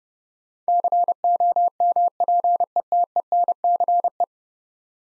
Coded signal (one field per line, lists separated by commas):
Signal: Morse code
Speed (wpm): 30 wpm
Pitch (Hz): 700 Hz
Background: none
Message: COMPETENCE